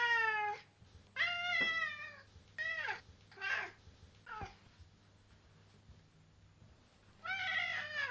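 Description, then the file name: Domestic cat giving a run of meows, some long and wavering, others short and clipped, then a pause of a few seconds before one more long meow, over a low hum. Male cat. "Kater"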